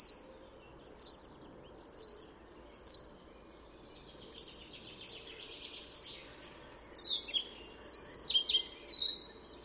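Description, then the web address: Collared flycatcher song: thin high whistled notes roughly once a second, then a fast, squeaky, tumbling phrase of varied high notes. "chant didier collin gobemouche a collier"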